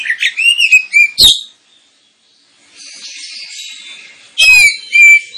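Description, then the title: Oriental magpie-robin song: loud fluty whistled phrases and a sharp note, a quiet gap, soft high chatter, then loud whistles again. Lure recording of kacer singing, intended to provoke other kacer birds into singing and fighting, with full song bursts called tembakan. "Kacer Langsung Tarung Konslet KACER NGOTOT FULL TEMBAKAN. Kacer dimana SAJA Bakalan NGEPLONG GACOR dengan Pancingan Kacer ini"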